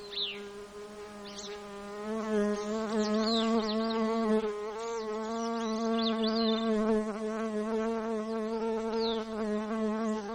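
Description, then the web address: Insect wingbeat drone, continuous and steady, with scattered high chirps over the top. Recorded in Alaska on 5 July 2014 at 21:49. "alaska acoustic highlights highlights audio INSECTS GAARNNUT 20140705 214919"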